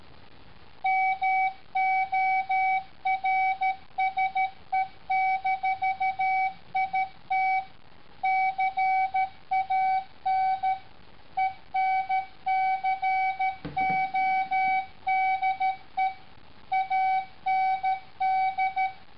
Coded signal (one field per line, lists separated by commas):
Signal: Morse code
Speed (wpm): 13 wpm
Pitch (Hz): 760 Hz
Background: none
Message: MORSE-IT CAN ENCODE AND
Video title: Morse-it